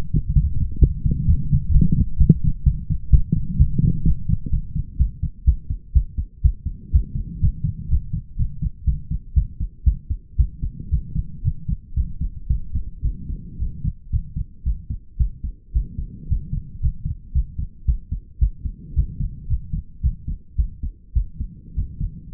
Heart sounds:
heart sounds by stethoscope; 117 bpm
0.34 s: heartbeat
0.80 s: heartbeat
1.26 s: heartbeat
1.72 s: heartbeat
2.18 s: heartbeat
2.64 s: heartbeat
3.11 s: heartbeat
3.57 s: heartbeat
4.04 s: heartbeat
4.51 s: heartbeat
4.98 s: heartbeat
5.45 s: heartbeat
5.93 s: heartbeat
6.42 s: heartbeat
6.92 s: heartbeat
7.41 s: heartbeat
7.89 s: heartbeat
8.37 s: heartbeat
8.85 s: heartbeat
9.34 s: heartbeat
9.84 s: heartbeat
10.37 s: heartbeat
10.90 s: heartbeat
11.43 s: heartbeat
11.95 s: heartbeat
12.48 s: heartbeat
13.02 s: heartbeat
13.58 s: heartbeat
14.11 s: heartbeat
14.64 s: heartbeat
15.18 s: heartbeat
15.73 s: heartbeat
16.28 s: heartbeat
16.81 s: heartbeat
17.33 s: heartbeat
17.86 s: heartbeat
18.39 s: heartbeat
18.95 s: heartbeat
19.48 s: heartbeat
20.01 s: heartbeat
20.56 s: heartbeat
21.14 s: heartbeat
21.74 s: heartbeat
22.32 s: heartbeat
From the record:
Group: healthy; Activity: rest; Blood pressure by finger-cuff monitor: 103/70 mmHg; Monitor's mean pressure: 79 mmHg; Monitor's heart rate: 113 bpm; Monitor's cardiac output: 8.5 L/min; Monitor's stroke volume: 74 mL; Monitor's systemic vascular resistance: 680 dyn s/cm5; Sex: female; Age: 19 years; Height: 163 cm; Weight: 48.9 kg

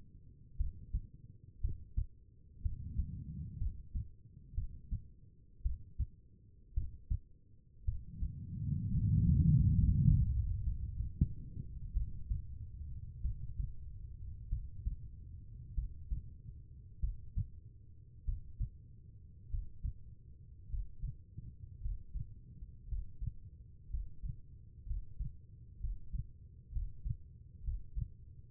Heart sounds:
heart sounds by stethoscope; 55 bpm
0.57 s: heartbeat
1.61 s: heartbeat
2.62 s: heartbeat
3.58 s: heartbeat
4.55 s: heartbeat
5.62 s: heartbeat
6.74 s: heartbeat
7.85 s: heartbeat
8.89 s: heartbeat
9.80 s: heartbeat
10.63 s: heartbeat
11.93 s: heartbeat
13.21 s: heartbeat
14.48 s: heartbeat
15.74 s: heartbeat
16.99 s: heartbeat
18.24 s: heartbeat
19.49 s: heartbeat
20.68 s: heartbeat
21.80 s: heartbeat
22.87 s: heartbeat
23.89 s: heartbeat
24.85 s: heartbeat
25.79 s: heartbeat
26.71 s: heartbeat
27.62 s: heartbeat
From the record:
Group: healthy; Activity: rest 0-9 s, Valsalva maneuver 9-29 s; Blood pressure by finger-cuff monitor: 87/61 mmHg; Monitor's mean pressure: 68 mmHg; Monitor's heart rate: 56 bpm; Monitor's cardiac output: 4 L/min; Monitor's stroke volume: 73 mL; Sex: female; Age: 36 years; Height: 163 cm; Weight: 88 kg

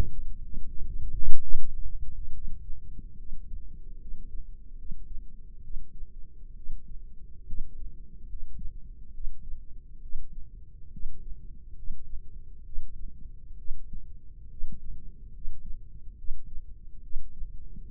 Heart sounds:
heart sounds by microphone in the left ear; 71 bpm
0.07 s: heartbeat
0.83 s: heartbeat
1.55 s: heartbeat
2.32 s: heartbeat
3.17 s: heartbeat
3.99 s: heartbeat
4.76 s: heartbeat
5.62 s: heartbeat
6.54 s: heartbeat
7.45 s: heartbeat
8.26 s: heartbeat
9.12 s: heartbeat
10.00 s: heartbeat
10.90 s: heartbeat
11.74 s: heartbeat
12.63 s: heartbeat
13.56 s: heartbeat
14.48 s: heartbeat
15.31 s: heartbeat
16.15 s: heartbeat
17.01 s: heartbeat
17.86 s: heartbeat
From the record:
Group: healthy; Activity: rest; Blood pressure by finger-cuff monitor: 146/79 mmHg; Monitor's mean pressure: 99 mmHg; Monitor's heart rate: 71 bpm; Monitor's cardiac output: 6.3 L/min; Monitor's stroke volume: 91 mL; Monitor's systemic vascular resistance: 1120 dyn s/cm5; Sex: female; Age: 22 years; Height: 154 cm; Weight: 58.7 kg

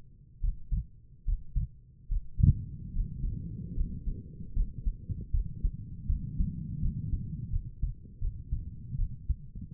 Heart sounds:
heart sounds by stethoscope; 77 bpm
0.41 s: heartbeat
1.25 s: heartbeat
2.08 s: heartbeat
2.93 s: heartbeat
3.75 s: heartbeat
4.54 s: heartbeat
5.32 s: heartbeat
6.07 s: heartbeat
6.80 s: heartbeat
7.51 s: heartbeat
8.20 s: heartbeat
8.97 s: heartbeat
From the record:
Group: healthy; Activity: breath hold 0-4 s, rest 4-10 s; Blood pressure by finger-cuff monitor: 100/68 mmHg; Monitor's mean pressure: 75 mmHg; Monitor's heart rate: 71 bpm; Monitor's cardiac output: 5 L/min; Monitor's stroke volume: 73 mL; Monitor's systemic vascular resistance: 1050 dyn s/cm5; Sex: female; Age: 22 years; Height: 163 cm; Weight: 67.1 kg

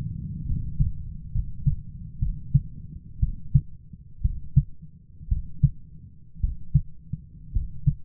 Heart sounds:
heart sounds by stethoscope; 59 bpm
0.45 s: heartbeat
1.31 s: heartbeat
2.19 s: heartbeat
3.19 s: heartbeat
4.21 s: heartbeat
5.28 s: heartbeat
6.40 s: heartbeat
7.52 s: heartbeat
From the record:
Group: healthy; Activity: rest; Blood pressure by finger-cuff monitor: 136/84 mmHg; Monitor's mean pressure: 101 mmHg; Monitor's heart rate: 56 bpm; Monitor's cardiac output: 7 L/min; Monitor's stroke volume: 114 mL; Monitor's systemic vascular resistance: 1060 dyn s/cm5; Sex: male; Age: 23 years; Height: 178 cm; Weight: 96.6 kg

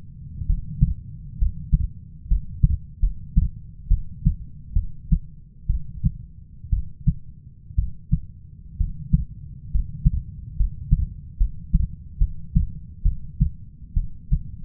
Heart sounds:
heart sounds by stethoscope; 67 bpm
0.46 s: heartbeat
1.38 s: heartbeat
2.28 s: heartbeat
3.00 s: heartbeat
3.88 s: heartbeat
4.73 s: heartbeat
5.67 s: heartbeat
6.70 s: heartbeat
7.75 s: heartbeat
8.77 s: heartbeat
9.71 s: heartbeat
10.57 s: heartbeat
11.38 s: heartbeat
12.18 s: heartbeat
13.03 s: heartbeat
13.94 s: heartbeat
From the record:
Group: healthy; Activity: cold pressor test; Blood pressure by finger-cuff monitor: 141/68 mmHg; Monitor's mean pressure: 90 mmHg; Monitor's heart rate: 65 bpm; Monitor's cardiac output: 6.3 L/min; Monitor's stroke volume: 97 mL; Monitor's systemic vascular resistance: 1040 dyn s/cm5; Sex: female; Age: 37 years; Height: 168 cm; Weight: 70 kg

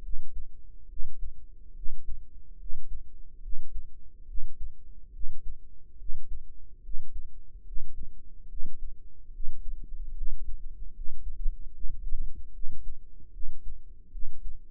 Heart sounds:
heart sounds by microphone in the right ear; 72 bpm
0.00 s: heartbeat
0.86 s: heartbeat
1.73 s: heartbeat
2.56 s: heartbeat
3.40 s: heartbeat
4.25 s: heartbeat
5.11 s: heartbeat
5.96 s: heartbeat
6.81 s: heartbeat
7.63 s: heartbeat
8.47 s: heartbeat
9.30 s: heartbeat
10.13 s: heartbeat
10.92 s: heartbeat
11.71 s: heartbeat
12.51 s: heartbeat
13.31 s: heartbeat
14.10 s: heartbeat
From the record:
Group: healthy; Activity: rest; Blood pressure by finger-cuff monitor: 95/64 mmHg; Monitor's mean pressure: 75 mmHg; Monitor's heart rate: 72 bpm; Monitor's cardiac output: 5.3 L/min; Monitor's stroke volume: 74 mL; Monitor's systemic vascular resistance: 1010 dyn s/cm5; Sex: female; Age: 22 years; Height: 160 cm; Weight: 45 kg

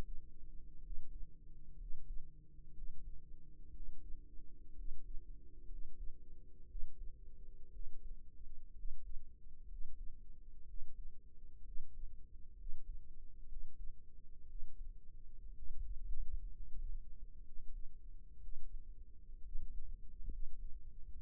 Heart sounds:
heart sounds by microphone in the right ear; 62 bpm
0.80 s: heartbeat
1.76 s: heartbeat
2.72 s: heartbeat
3.71 s: heartbeat
4.74 s: heartbeat
5.66 s: heartbeat
6.66 s: heartbeat
7.70 s: heartbeat
8.73 s: heartbeat
9.66 s: heartbeat
10.64 s: heartbeat
11.62 s: heartbeat
12.55 s: heartbeat
13.46 s: heartbeat
14.46 s: heartbeat
15.53 s: heartbeat
16.49 s: heartbeat
17.42 s: heartbeat
18.39 s: heartbeat
19.41 s: heartbeat
20.28 s: heartbeat
21.20 s: heartbeat
From the record:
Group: healthy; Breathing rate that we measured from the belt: 17 breaths a minute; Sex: male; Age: 22 years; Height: 181 cm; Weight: 79 kg

